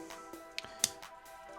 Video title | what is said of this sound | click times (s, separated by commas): Better Than Bandai? - Fat Cat RX 78 2 1:100 Gundam Model Review New | So that clicks in place. | 0.8 s